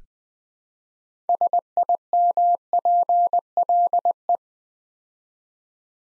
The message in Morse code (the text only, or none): SIMPLE